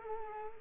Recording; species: mosquito wingbeat signal from an infrared sensor; Culex quinquefasciatus